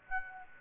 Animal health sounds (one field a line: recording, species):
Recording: mosquito wingbeat signal from an infrared sensor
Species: Aedes aegypti